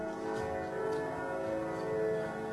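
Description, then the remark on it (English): Bells ring on without a pause, their layered metallic tones blending into a sustained, shimmering drone with a steady pulse running underneath. No one speaks. “Oh, those bells.”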